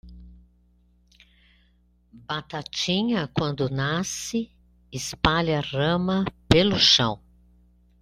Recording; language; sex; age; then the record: short text; Brazilian Portuguese; female; 60 to 69 years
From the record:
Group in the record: control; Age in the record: 66 years